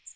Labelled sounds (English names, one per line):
Magnolia Warbler flight call